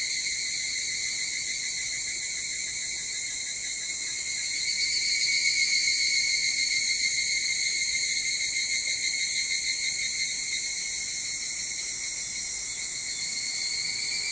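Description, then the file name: Evening cicada song in chorus: bright, high, ringing buzz held without pause, swelling a little in the middle before easing back. Recorded 22 July 2023 at 04:40. "higurashi 230722 0440"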